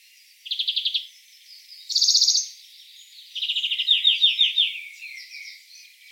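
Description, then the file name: European greenfinch song: a rapid trill, a higher buzzy burst, then a long rolling series of chirping notes, with soft twitters between. "Chloris chloris"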